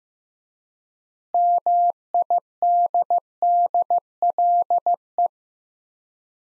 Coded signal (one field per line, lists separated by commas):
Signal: Morse code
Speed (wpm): 16 wpm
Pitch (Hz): 700 Hz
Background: none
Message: MIDDLE